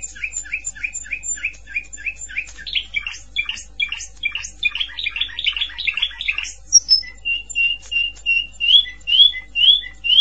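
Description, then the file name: Canary singing a long, varied song: first a steady series of repeated chirps, then a dense rattling trill, then whistled slurred notes, with a low hum underneath. "Canary Voice"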